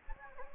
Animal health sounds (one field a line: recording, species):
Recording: mosquito wingbeat signal from an infrared sensor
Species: Anopheles gambiae